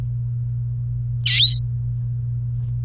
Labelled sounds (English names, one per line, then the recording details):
Domestic Canary song
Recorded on 28 April 2018 at 13:31
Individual llb3